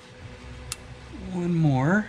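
One of seven wire harness connectors is pushed onto a solenoid at the far side of an upgraded Toyota/Lexus transmission valve body, checked for a positive click so no solenoid is left unconnected or works loose. A single sharp tick at 0.7 s shows the connector has clicked in and seated. Afterwards someone talks.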